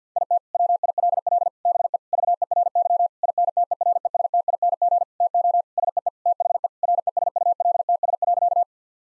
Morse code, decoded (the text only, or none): IT WILL BE VERY INTERESTING TO SEE THE RESULTS.